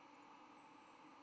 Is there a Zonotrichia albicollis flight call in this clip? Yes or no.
no